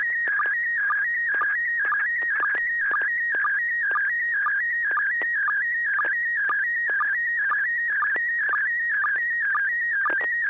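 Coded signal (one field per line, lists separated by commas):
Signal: SSTV (slow-scan television)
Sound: warbling tone shifting pitch steadily, with rhythmic short low blips twice a second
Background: low hum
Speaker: we're going to go to the first one on the list here Alp India 6 Delta golf Joel do you have any pictures for us uh you're welcome to go ahead and send over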